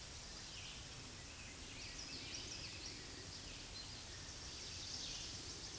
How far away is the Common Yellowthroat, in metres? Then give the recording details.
about 90 m. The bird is about 5 m above the microphone. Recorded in a Pennsylvania forest on 16 May 2024 at 09:20. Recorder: AudioMoth, point MSD-2083. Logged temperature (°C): 16.7 °C. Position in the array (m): 78 m, -39 m